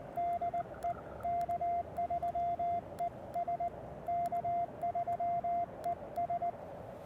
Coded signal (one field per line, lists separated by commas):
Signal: Morse code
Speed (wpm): 19 wpm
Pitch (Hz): 690 Hz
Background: radio noise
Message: DE K3ES K3ES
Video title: QRP and Friends: A Two-Fer POTA Activation with Brian (K3ES)!